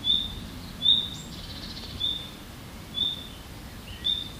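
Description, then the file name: Common nightingale call: a brief high whistle repeated about every second, five times, against quiet background noise. "Luscinia megarhynchos"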